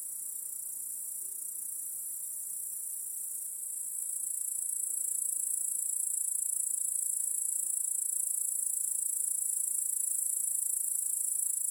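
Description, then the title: Crickets trilling together in a constant high, shrill wash of sound that steps up in loudness about a third of the way through. Cricket chorus in a backyard at night. "Crickets in Your Backyard 🏡"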